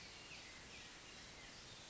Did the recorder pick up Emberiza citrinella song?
no